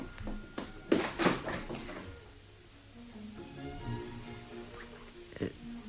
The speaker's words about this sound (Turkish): Ah, kapı. Her zamanki gibi bir şey unutmuşlardır.